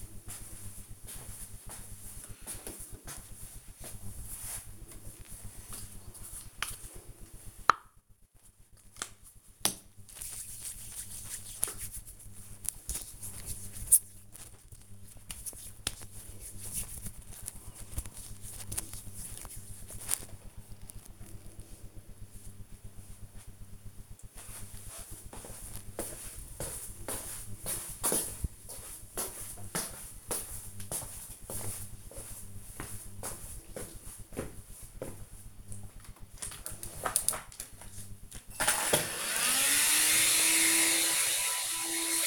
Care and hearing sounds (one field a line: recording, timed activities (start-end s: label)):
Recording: household activities, microphone on the right wrist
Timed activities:
4.15-19.26 s: cream hands
35.38-42.27 s: vacuum cleaning